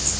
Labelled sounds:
Cerulean Warbler (Setophaga cerulea) flight call

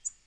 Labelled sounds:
Black-throated Green Warbler (Setophaga virens) flight call

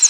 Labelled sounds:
Northern Parula (Setophaga americana) flight call

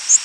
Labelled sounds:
Northern Waterthrush (Parkesia noveboracensis) flight call

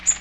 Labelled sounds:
Magnolia Warbler (Setophaga magnolia) flight call

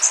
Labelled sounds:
Blackburnian Warbler (Setophaga fusca) flight call

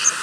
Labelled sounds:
Yellow Warbler (Setophaga petechia) flight call

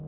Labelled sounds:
Virginia's Warbler (Leiothlypis virginiae) flight call

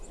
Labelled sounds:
Townsend's Warbler (Setophaga townsendi) flight call

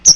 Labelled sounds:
Chestnut-sided Warbler (Setophaga pensylvanica) flight call

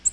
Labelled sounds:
Nashville Warbler (Leiothlypis ruficapilla) flight call

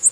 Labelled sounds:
Prothonotary Warbler (Protonotaria citrea) flight call

